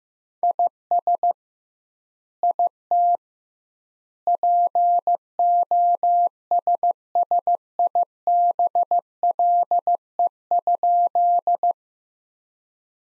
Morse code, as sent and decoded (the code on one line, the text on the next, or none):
.. ... / .. - / .--. --- ... ... .. -... .-.. . ..--..
IS IT POSSIBLE?